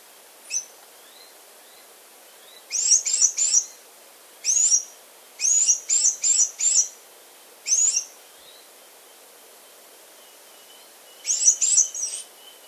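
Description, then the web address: Blue-winged mountain tanager calls: a lone high note, then clusters of sharp, thin chips in bursts of one to four, spaced by brief silences. Ecuador. "Birds of Ecuador. Blue-winged Mountain-Tanager"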